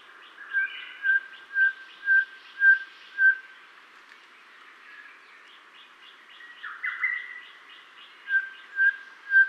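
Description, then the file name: Cape batis calling a series of pure, level whistles roughly every half second, pausing, giving a brief harsher note, then resuming the whistles; soft hiss throughout. "Golosa ptic - Kapskij batis Batis capensis"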